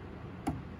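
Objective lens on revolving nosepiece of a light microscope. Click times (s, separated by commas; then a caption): 0.5 s. A light microscope's revolving nosepiece is turned so the lowest-power objective lens detents into place. Against a low background hiss, a single short click sounds at 0.5 s. The objective is confirmed seated in position for viewing the specimen.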